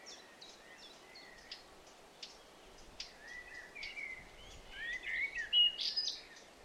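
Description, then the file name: Eurasian blackcap song: quiet scratchy warbling that builds into a brighter, louder whistled flourish near the end. "Sylvia atricapilla"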